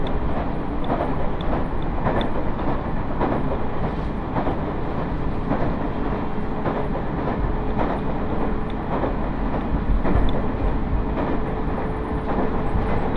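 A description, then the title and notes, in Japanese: A train on the Iida Line running from Mikawa-Makihara to Shinshiro, a steady low rumble with regular wheel clicks and a faint high tone. 耳で楽しむ鉄道旅 飯田線 三河槇原→新城。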